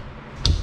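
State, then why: Seated. A plastic plug is pushed into the back of a kitchen cabinet part and snaps into place with a sharp, bright click at 0.5 s, followed by a short low thump over a faint steady background. No one talks in the clip.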